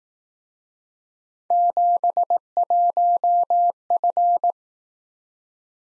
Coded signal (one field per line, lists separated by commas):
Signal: Morse code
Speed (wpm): 18 wpm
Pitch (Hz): 700 Hz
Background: none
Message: 71F